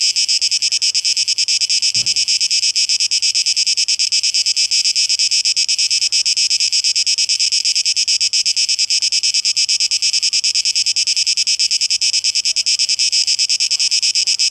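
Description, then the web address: Cicadas producing a high, rasping drone with rapid regular pulsing, plus a single brief knock early on. Cicadas, plural, 12 August 2023. "rauschpartikel 2023-08-12 Zikaden"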